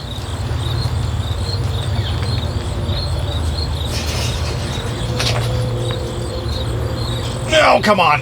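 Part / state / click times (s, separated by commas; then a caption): irrigation fitting onto poly water line / not seated / none. Someone struggles to push an irrigation fitting onto a cold poly water line and talks while working, over a steady low hum and faint high insect-like tones, with a brief warbling burst near 7.6–8.1 s. Nothing has seated or clicked yet.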